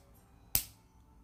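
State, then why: Seated. A plastic LEGO building brick is pressed onto a brick model. After near silence, a single sharp, bright click lands at 0.6 s and fades within about a quarter second. The brick clicks into place and is seated.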